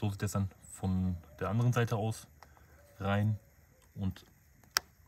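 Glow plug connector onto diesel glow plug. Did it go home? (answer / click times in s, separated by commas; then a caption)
yes / 4.8 s. On an Opel Astra K, the electrical connector is pushed onto a new diesel glow plug while someone talks. A sharp click at 4.8 s marks the connector locking on, and it is then tight and seated.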